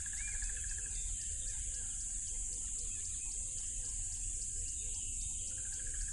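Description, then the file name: Crickets sustain a bright, even high drone over a deep rushing background, with rapid soft clicking calls repeating low down. Loud crickets by a tropical river. "smartsound ATMO NATURE Tropical River Loud Crickets"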